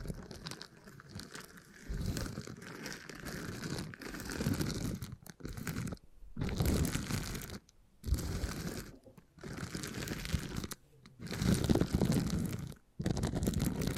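Beeswax being handled and squeezed, giving a dense, crackly crinkling and soft crunching that comes in bursts of one to two seconds. Brief silent gaps break it up around 6, 8, 11 and 13 seconds, and the sound is mostly low and soft with a thin crisp top.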